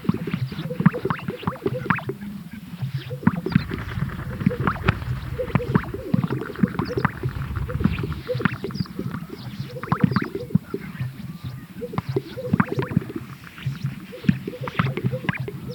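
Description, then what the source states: Greater sage-grouse chorus: dense, continuous low popping and bubbling from many birds, with rustling swishes and scattered higher chirps throughout. Recorded at a lek.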